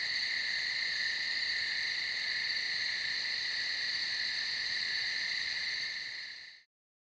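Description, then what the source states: Crickets chirping in a dense, steady chorus, a continuous shimmering trill in two high bands that holds evenly, then fades quickly to silence near the end. Several crickets at night on a field.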